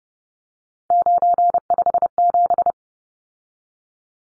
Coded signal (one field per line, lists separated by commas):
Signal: Morse code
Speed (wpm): 30 wpm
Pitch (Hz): 700 Hz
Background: none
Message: 957